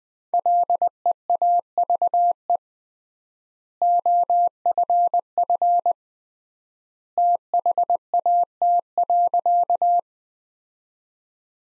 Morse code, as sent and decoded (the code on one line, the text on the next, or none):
.-.. . .- ...- . / --- ..-. ..-. / - .... .- - .-.-.-
LEAVE OFF THAT.